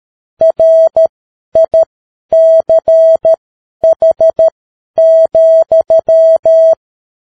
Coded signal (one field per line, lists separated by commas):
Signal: Morse code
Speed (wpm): 13 wpm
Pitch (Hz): 650 Hz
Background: none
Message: RICH,